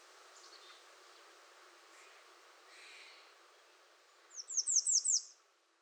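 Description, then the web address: American redstart song: five bright, high, downslurred notes after faint scattered calls. Recorded 21 June 2019. "soundrecordings 2019-06-21 American Redstart"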